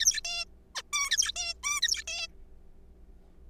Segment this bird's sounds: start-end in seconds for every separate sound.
0.00-0.21, 0.25-0.45, 0.75-0.82, 0.93-1.32, 1.36-1.54, 1.63-1.81, 1.82-2.04, 2.08-2.27